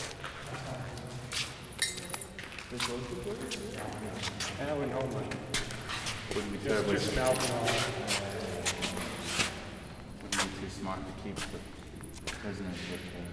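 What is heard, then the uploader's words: A sound art performance inside an old concrete munitions storage magazine from World War II, with speech-like voices and pitched tones drifting through a dense, continuous texture. Sharp metallic clicks and jangling accents strike irregularly throughout, and the overall level swells slightly around the middle. Sound art being performed inside one of Mare’s old concrete munitions storage magazines leftover from World War II.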